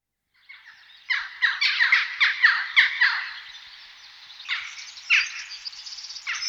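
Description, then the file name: Western jackdaw calls in a fast run of sharp, scratchy notes, then a pause and a few more spaced squawks, the final ones short and clipped. "roche. dohle"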